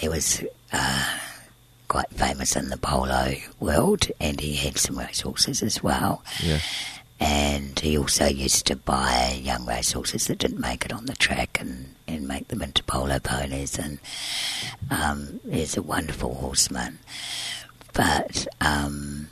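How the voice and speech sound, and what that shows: An adult woman speaks fluently in connected conversation, but her voice is unusually deep, rough and creaky, with a breathy, strained edge on many words. This is dysphonia from scarring of one vocal fold, caused by surgery at age 20 to remove large laryngeal cysts present from birth. She breathes through a tracheostomy tube because her airway is very narrow.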